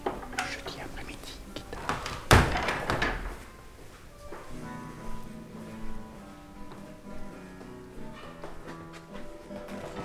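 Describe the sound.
A door is handled with scraping and rattling, then bangs shut in one sharp, loud knock, followed by quieter murmuring voices and a low, steady hum.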